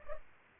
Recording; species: mosquito wingbeat signal from an infrared sensor; Culex pipiens